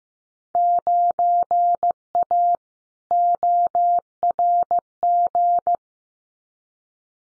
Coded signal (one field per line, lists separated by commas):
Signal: Morse code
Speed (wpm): 15 wpm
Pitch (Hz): 700 Hz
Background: none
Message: 9A ORG